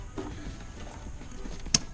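On a 1999–2004 Mustang GT, a heater core hose quick-connect fitting is pushed onto the plastic coolant tube fitting until it locks. After low, faint handling noise and a soft bump near 0.2 s, a sharp, bright click rings out at 1.8 s as the fitting seats.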